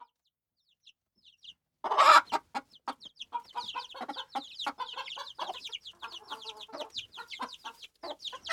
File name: chicken